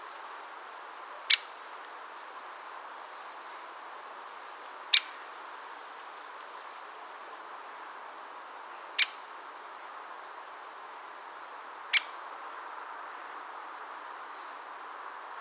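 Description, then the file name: Great spotted woodpecker giving single sharp 'kik' notes, four in all, spaced several seconds apart over a soft steady hiss. "dyatel bolshoy pestryy golos"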